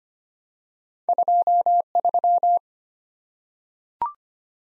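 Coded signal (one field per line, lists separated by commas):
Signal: Morse code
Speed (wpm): 25 wpm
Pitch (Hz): 700 Hz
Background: none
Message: 23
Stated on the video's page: Head-copy practice at 25 wpm of random two-character letter and number combinations, each sent in Morse, spoken, then sent again.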